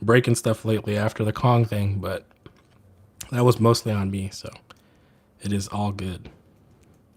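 Someone talks while handling a collectible action figure, working its plastic head back toward its ball-peg neck joint, with faint small handling sounds in the quiet gaps. The head has not yet seated or clicked onto the neck peg.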